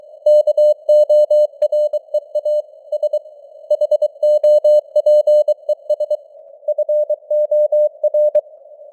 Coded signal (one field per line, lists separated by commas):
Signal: Morse code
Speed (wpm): 23 wpm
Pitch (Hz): 600 Hz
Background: none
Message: KOREA S HOPES FOR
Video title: Morse Code News | 2026-01-14 | 23wpm